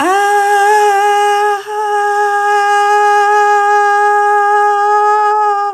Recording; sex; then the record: sustained vowel /a/; female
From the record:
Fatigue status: fatigue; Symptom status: symptomatic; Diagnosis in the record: COVID-19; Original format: m4a